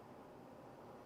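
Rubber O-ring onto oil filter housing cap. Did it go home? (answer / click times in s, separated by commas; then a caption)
no / none. A new rubber O-ring is worked around the edge of the plastic oil filter housing cap of an Audi B8 S4 and stretched into its groove. Only a steady, even broadband hiss with low rumble is heard, with no distinct clicks or sharp sounds. The O-ring has not popped into place or clicked yet.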